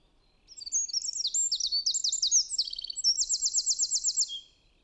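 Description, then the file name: Eurasian wren singing a high, energetic burst of tinkling notes that runs into a fast, even trill near the end, lasting roughly four seconds. "Troglodytes troglodytes"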